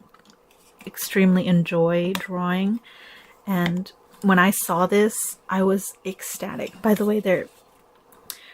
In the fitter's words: uh earlier I didn't hear a click but I just heard a click so make sure you push it all the way in there until you hear a small little click